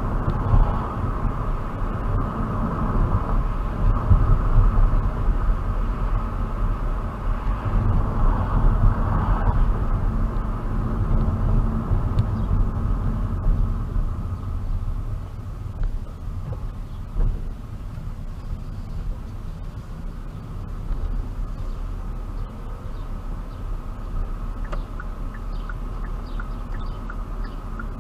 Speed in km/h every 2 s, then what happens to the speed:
35, 37, 34, 32, 31, 29, 23, 15, 11, 10, 15, 18, 21, 21.
0-9 steady at about 34. 9-17 slows to 10. 17-21 speeds up to 18. 21-28 steady at about 21.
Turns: 14-19.